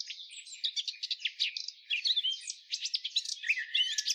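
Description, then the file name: Eurasian blackcap song, a rapid scratchy twittering run of varied high notes, sustained throughout without pause. "Sylvia atricapilla"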